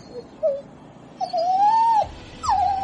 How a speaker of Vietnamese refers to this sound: nhưng tiếng rên của loài chó giờ phút này nghe càng giống đang kêu đau.